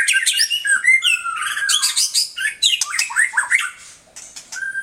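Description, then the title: Oriental magpie-robin singing a dense, continuous medley of rich whistled phrases, scratchy notes and quick slurred trills with barely a break. "Kicau Kacer"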